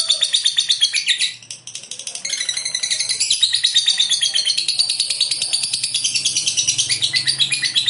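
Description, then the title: Lovebird song, a continuous fast rattle of high, sharp chirps rapidly repeated, dipping briefly near the start. "Suara Lovebird"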